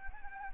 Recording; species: mosquito wingbeat signal from an infrared sensor; Anopheles gambiae